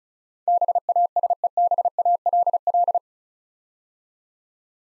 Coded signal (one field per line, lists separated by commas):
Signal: Morse code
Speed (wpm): 36 wpm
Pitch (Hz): 700 Hz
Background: none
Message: BASEBALL